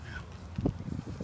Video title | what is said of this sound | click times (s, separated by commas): Enphase Solar -- Panel Add On | you have the screwdriver yeah yep I heard it click | 0.7 s